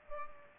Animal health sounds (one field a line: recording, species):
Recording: mosquito wingbeat signal from an infrared sensor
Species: Culex pipiens